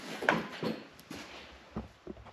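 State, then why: Seated. A side marker bulb socket on a Dodge Grand Caravan is inserted into the lamp housing and given a quarter turn to the left. It locks in with a sharp click at 0.3 s, followed by a few quieter plastic knocks and handling sounds. The socket is seated in the side marker light housing.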